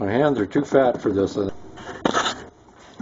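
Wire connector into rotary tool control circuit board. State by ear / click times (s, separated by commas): seated / 2.1 s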